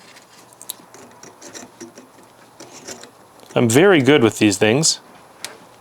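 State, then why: Seated. The female end of a plastic bypass wiring-harness connector for a 4th Gen 4Runner/GX470 traction control bypass is pushed onto its mating prongs under the vehicle dash, with faint rubbing and small taps throughout. Someone talks in the middle of the clip. A sharp click at 5.4 s confirms the connector has seated.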